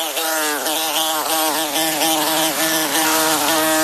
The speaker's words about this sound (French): Vous le détestez ce bruit. Ce bruit de guêpe qui vous gâche un bon repas. Vous n'espérez qu'une chose, qu'il qu'ils disparaissent.